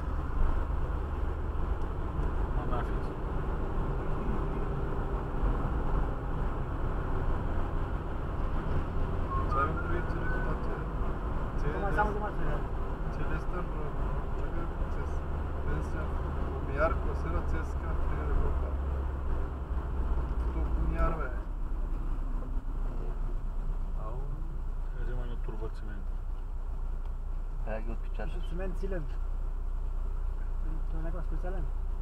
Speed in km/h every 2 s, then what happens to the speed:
46, 47, 46, 48, 51, 48, 46, 44, 44, 37, 31, 17, 5, 0, 0, 0.
0-9 steady at about 47. 9-25 slows to 0. 25-32 standing.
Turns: none.